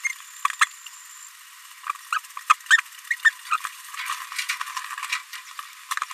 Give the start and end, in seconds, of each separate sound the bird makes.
0.04-0.08, 2.12-2.19, 2.50-2.54, 3.25-3.31, 3.50-3.57, 3.65-3.66